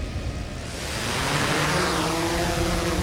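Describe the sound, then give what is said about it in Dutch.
A drone's motors spin up with a rising whir, a steady buzzing hum that climbs in pitch and settles into a loud, continuous drone over a broad rushing noise, as the drone takes off from meadows near Eemshaven by the Wadden Sea. No one speaks. “De drone gaat de lucht in.”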